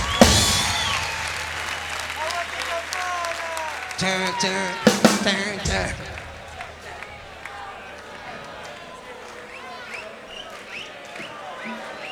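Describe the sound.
A crowd at a live concert at Obras in 2004 applauds steadily as band members are introduced, including the percussionist and bassist; dense clapping swells in a loud burst midway before tapering off, with scattered cheers and voices mixed into the noise.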